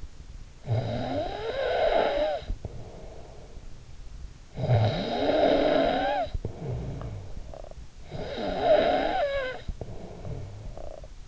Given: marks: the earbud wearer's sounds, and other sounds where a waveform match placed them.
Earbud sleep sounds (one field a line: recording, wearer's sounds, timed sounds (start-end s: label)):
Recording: sounds in sleep by an in-ear microphone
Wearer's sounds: snoring breath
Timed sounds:
0.00-11.28 s: snoring breath